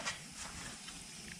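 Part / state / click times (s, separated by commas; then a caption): PCV orifice insert into engine valve cover / not seated / none. A PCV orifice insert is handled over its bore in an engine valve cover during reassembly of the inner and outer valve cover gaskets. Only a low, steady background rumble and faint handling noise are heard. The insert has not yet been dropped in, and nothing has seated or clicked.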